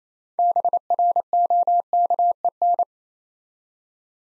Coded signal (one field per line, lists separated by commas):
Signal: Morse code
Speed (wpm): 29 wpm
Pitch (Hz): 700 Hz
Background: none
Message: BROKEN